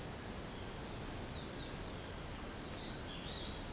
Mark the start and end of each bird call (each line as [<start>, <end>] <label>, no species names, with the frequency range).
[1.33, 1.69] bird call (2.8-4.3 kHz)
[2.84, 3.58] bird call (2.0-4.2 kHz)